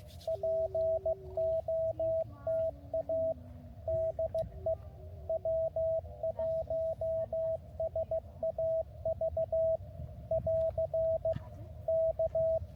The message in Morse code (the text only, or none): POTA DE W1SAV <AR> K